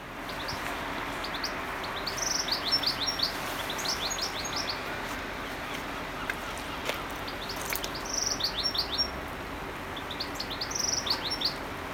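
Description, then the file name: European goldfinch calling: bright, liquid chirps in several brief twittering clusters, with a constant low hiss behind. "Carduelis carduelis"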